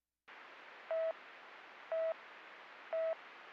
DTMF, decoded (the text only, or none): none